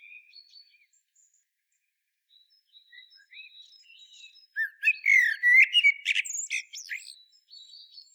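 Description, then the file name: Common blackbird: faint high thin notes, then a loud, mellow warbling phrase ending in sharp, squeaky twitters. "Turdus merula"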